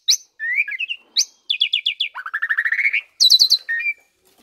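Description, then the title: Asian pied starling song, a quick medley of high whistles, short rising slurs and fast buzzy trills, changing phrase every half second. Indonesian training (masteran) recording of pied starling song, used to stimulate caged birds that sing too little or are listless. "Masteran Jalak Suren AMPUH Dan EFEKTIF Atasi Burung KURANG GACOR Dan LOYO"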